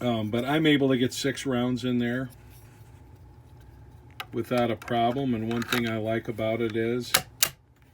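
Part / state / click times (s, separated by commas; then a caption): detachable magazine into rifle magazine well / seated / 7.4 s. A detachable magazine is pushed into the magazine well of a Remington 513T bolt-action .22 target rifle while someone talks. The magazine locks with a sharp metallic snap at 7.4 seconds, seating tight and flush.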